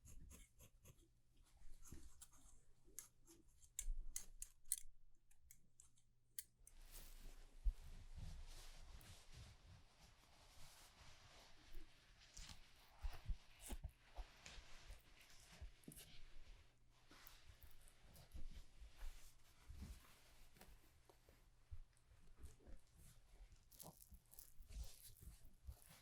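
Haircut and shaving sounds. For the first seven seconds, scattered sharp clicks and snips sit over a low, steady hum. Then a dense, scratchy rustling takes over and continues to the end, broken by frequent louder, irregular bursts.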